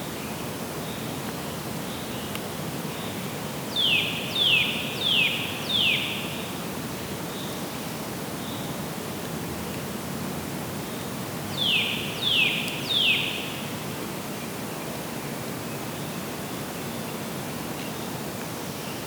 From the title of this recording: Woodpeckers in the Distance